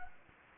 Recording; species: mosquito wingbeat signal from an infrared sensor; Anopheles gambiae